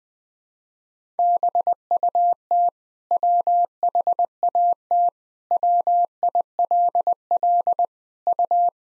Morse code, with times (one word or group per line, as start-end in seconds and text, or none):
1.2-2.7 BUT
3.1-5.1 WHAT
5.5-7.8 WILL
8.3-8.7 U